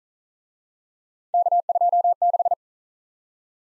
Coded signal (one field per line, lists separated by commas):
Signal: Morse code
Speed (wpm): 45 wpm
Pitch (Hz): 700 Hz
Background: none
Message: K26